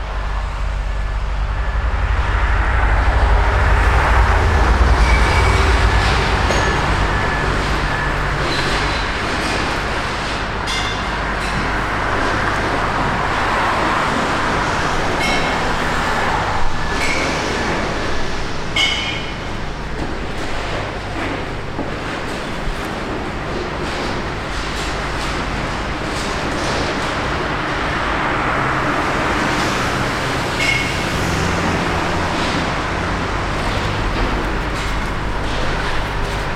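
A city square soundscape at a monument, filled with a steady wash of passing traffic and a low rumble throughout. Faint voices and brief clicks or footsteps surface now and then, with a slightly louder vehicle passing near the start.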